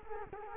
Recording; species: mosquito wingbeat signal from an infrared sensor; Culex quinquefasciatus